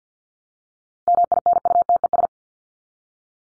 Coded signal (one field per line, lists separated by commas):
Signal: Morse code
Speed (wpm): 50 wpm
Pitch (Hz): 700 Hz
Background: none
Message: MINUTES